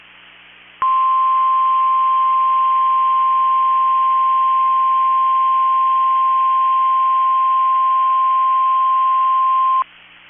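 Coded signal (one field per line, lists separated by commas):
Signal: Emergency Alert System (SAME) tones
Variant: 1050 Hz attention tone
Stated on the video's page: NOAA Weather Radio alerts for destructive storms in Minnesota.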